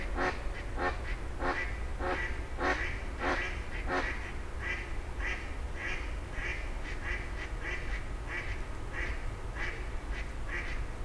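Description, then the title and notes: Grey heron croaks tumbling out in a dense, harsh run early on, then spacing out into separate rasping notes over background traffic hum. Several grey herons exchanging calls at 04h00 in Fenouillet, France, as traffic gradually resumes. "44 Rue des Gourgues, 31150 Fenouillet, France - 04h00-Dialogue de Hérons cendrés. 04h00-Alors que la circulation reprend peu à peu, des hérons cendrés se font des politesses"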